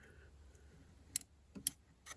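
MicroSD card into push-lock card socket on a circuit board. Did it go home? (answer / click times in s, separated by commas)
yes / 1.2 s, 1.7 s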